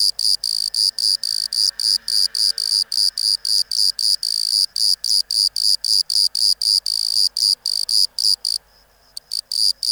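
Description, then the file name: Bordeaux cricket chirping fast and high, about four pulses a second, pausing briefly near the end before resuming. "Modicogryllus bordigalensis"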